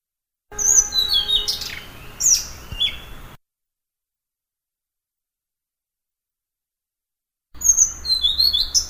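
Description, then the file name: Blue-throated flycatcher song: thin, high whistles with quick slurred notes in a phrase, then a long silence, then another rapid whistled phrase begins. "kicau-sikatan-blue-throated -omkicau"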